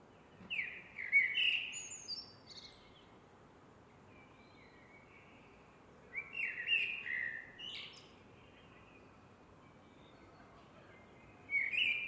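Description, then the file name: Eurasian blackbird song: two fluting warbled phrases with thin high notes, separated by a pause of several seconds, then the start of a third phrase at the end. "MERLES"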